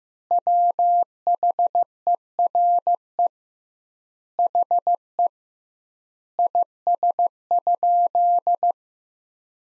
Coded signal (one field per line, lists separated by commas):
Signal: Morse code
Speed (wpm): 15 wpm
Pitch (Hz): 700 Hz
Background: none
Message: WHERE HE IS?